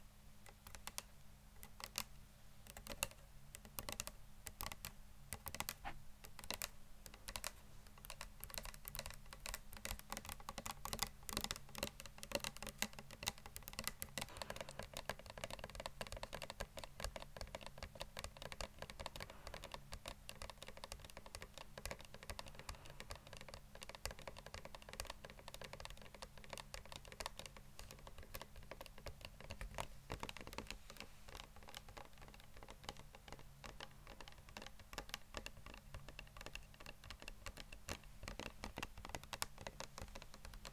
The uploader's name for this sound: Tapping